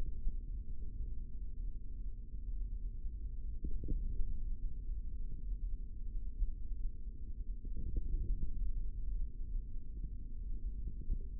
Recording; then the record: forearm muscle sounds (acoustic myography)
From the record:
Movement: finger pinch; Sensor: system 3, bracelet of six PUI Audio POM-2738L microphones around the upper forearm, with dedicated amplification and filtering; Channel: 4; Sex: male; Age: 25 years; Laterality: right